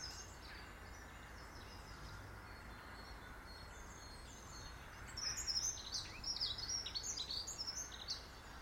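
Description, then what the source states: Birds chirping faintly at first, then a livelier run of high, rapid twittering notes during the last few seconds. Birds in a garden.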